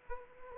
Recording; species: mosquito wingbeat signal from an infrared sensor; Anopheles arabiensis